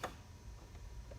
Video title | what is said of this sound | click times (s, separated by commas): Make a button hole and attach button with your Brother Sewing Machine. Easy instructions. | then you heard a little click that means it's engaged and it's ready to start sewing okay so | 0.0 s